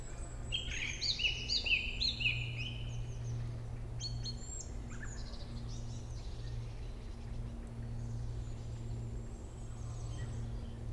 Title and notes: Aix-les-Bains, France - Grive musicienne. Dans la forêt de Corsuet, une grive musicienne lance quelques strophes espacées